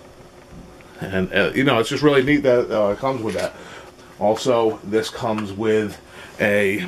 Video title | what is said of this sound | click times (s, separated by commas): Aosky Professional Precision Magnetic Screwdriver 70 in 1 Electronic Repair Tool Kit | spot that you want to be and then you just kind of give it a little lock into place and | 0.8 s